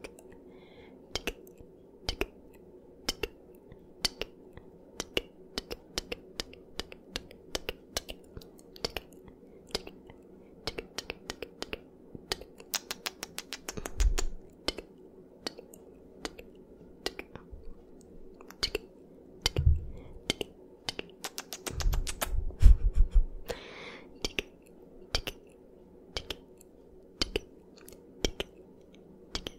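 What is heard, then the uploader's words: Crisp mouth sounds like kisses, sk, ts and tk clicks pop irregularly over a quiet low hum, with denser bursts around 14 and 22 seconds. ASMR Ear to Ear Kisses, Sk's, Ts's, and Tk's (No Talking).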